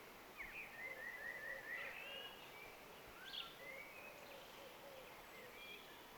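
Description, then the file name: Eurasian blackbird giving a run of clear, warbling whistled notes in the first two seconds, then a few fainter scattered notes over steady background hiss. "Turdus merula"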